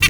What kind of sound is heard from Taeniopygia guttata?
hat call